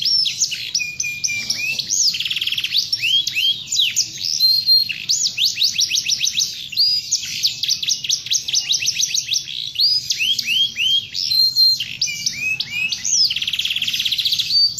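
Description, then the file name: Canary in sustained song for about fifteen seconds, alternating fast rattling trills, swooping whistles and brief buzzy rolls with hardly a pause. "kenari"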